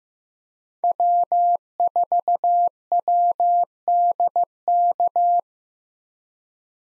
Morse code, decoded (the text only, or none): W4WDK